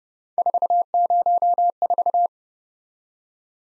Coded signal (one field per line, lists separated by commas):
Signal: Morse code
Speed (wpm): 30 wpm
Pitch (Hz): 700 Hz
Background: none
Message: 404